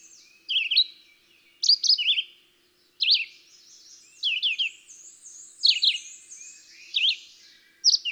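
Red-eyed Vireo singing short slurred phrases separated by pauses, with a higher twittering from another bird in the second half.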